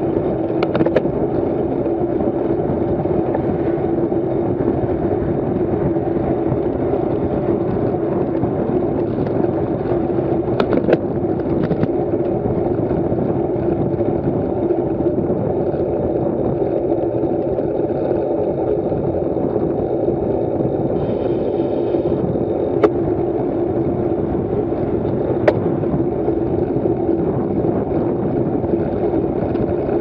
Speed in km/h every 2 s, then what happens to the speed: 29, 32, 32, 35, 31, 29, 29, 27, 24, 23, 28, 31, 31, 31, 25.
0-7 steady at about 32. 7-17 slows to 23. 17-27 speeds up to 31. 27-30 slows to 25.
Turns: none.